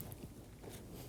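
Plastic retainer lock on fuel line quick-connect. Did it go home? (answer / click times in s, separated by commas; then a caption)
no / none. A plastic retainer lock on a fuel line quick-connect is handled and pushed toward locking during a fuel pump module assembly replacement on a 2008-2015 Scion xB 2.4L L4. Only low, steady handling noise is heard, with no sharp transients. Nothing has seated or clicked yet.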